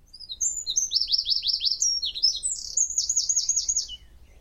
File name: Troglodytes troglodytes